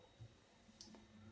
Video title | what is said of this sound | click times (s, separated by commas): Heathmere - How to use the Miele washing machine and instruction manual | make sure it clicks | 0.8 s